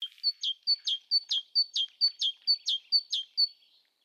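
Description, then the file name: Great tit song: a bright two-note phrase, a high steady whistle dropping into a sharper lower note, repeated several times in quick, even rhythm. "Parus major"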